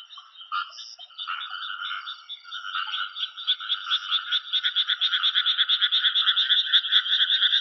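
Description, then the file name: Frog calling with scattered croaks at first, then settling into a fast, regular train of rasping pulses that grows louder toward the end. "カエルの鳴き声"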